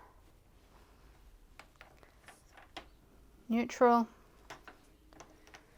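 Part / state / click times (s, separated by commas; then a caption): rigid heddle into heddle block down slot on a loom / not seated / none. A rigid heddle on an Ashford rigid heddle loom is handled from the neutral position toward the down slot of the wooden heddle block. Someone talks while soft, short knocks and ticks sound between about 1.6 and 5.2 s. Nothing has seated or clicked into the down position yet.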